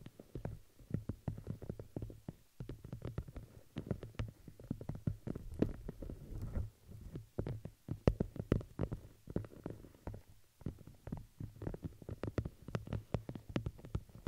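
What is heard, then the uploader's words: Crinkling plastic and paper with brushing, made of dense, irregular crackles and sharp snaps that come in quick bursts throughout. A steady low hum sits underneath, and the crinkles briefly thin out around the ten-second mark before picking up again. Crinkles, Plastic, Brush, Silicone, Glass, Paper.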